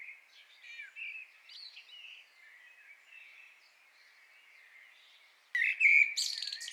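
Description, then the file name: Common blackbird giving quiet, low warbling phrases, then an abrupt loud burst of high squeaky twittering near the end. "Turdus merula"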